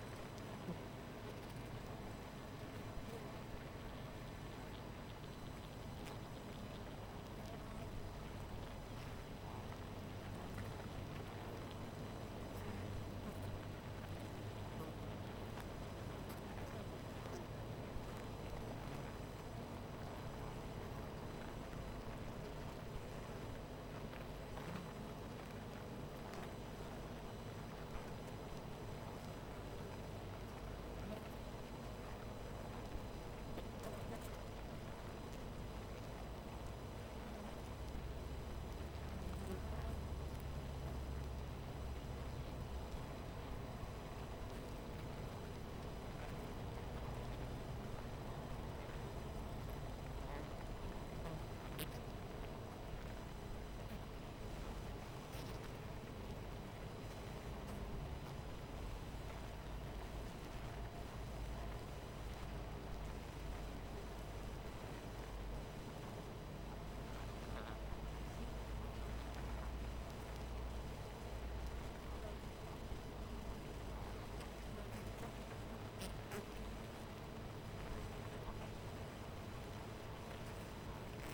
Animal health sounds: honeybee colony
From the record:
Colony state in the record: missing queen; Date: 14 July 2017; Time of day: 13:22

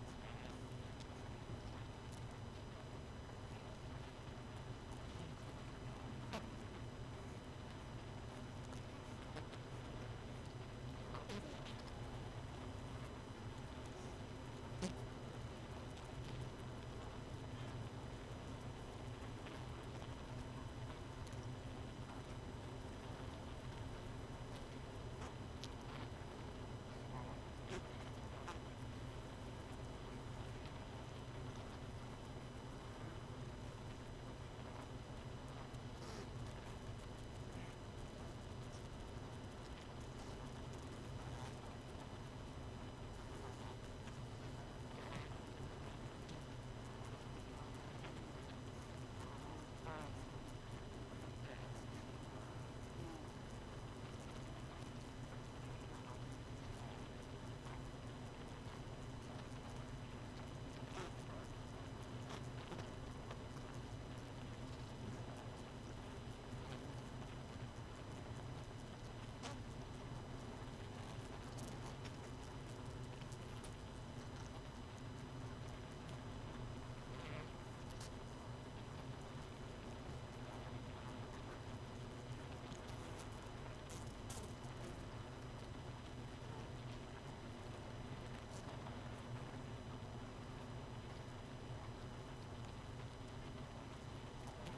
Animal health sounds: honeybee colony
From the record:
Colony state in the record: missing queen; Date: 31 May 2018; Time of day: 1:41

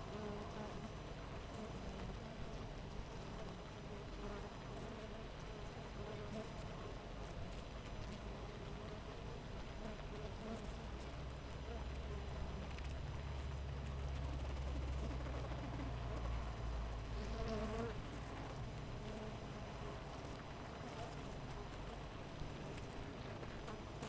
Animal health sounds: honeybee colony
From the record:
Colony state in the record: missing queen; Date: 14 July 2017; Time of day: 6:13

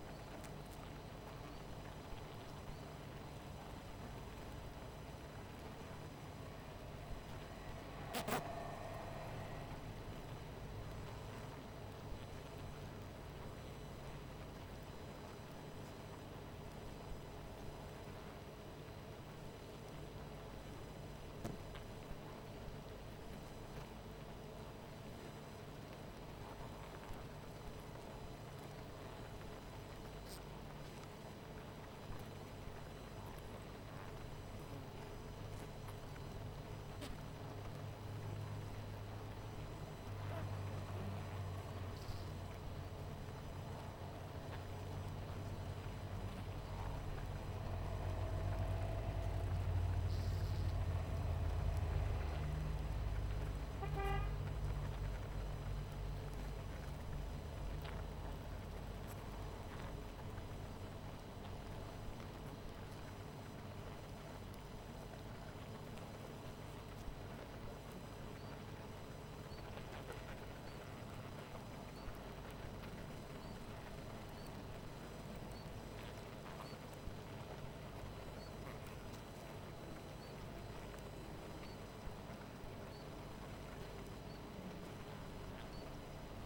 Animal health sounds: honeybee colony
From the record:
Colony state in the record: missing queen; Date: 14 July 2017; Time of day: 18:51

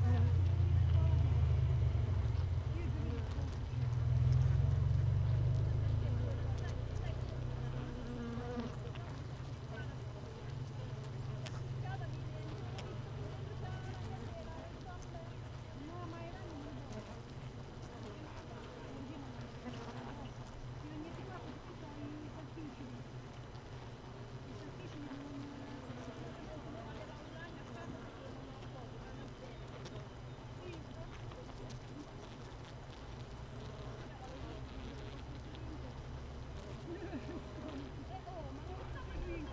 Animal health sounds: honeybee colony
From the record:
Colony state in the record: missing queen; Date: 31 May 2018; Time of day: 15:55

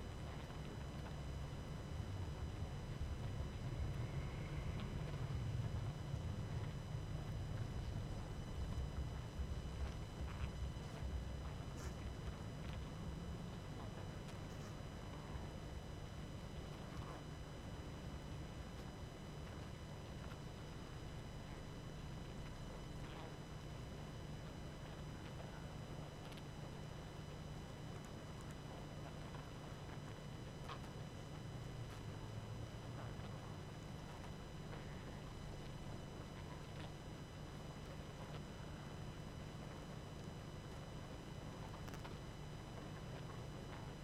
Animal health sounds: honeybee colony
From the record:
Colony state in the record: active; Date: 12 June 2018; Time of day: 21:07

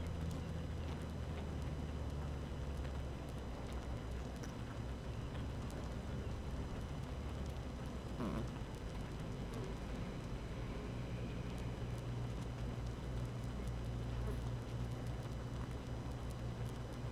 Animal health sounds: honeybee colony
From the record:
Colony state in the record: active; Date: 12 June 2018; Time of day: 7:31

